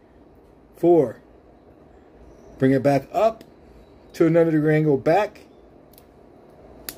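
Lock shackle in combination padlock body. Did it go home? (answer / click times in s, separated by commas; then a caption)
yes / 6.9 s. After a new code is set on a TSA combination travel lock, someone talks while the metal shackle is turned back and pulled up into the padlock body. A sharp click at 6.9 s marks the shackle seating into position.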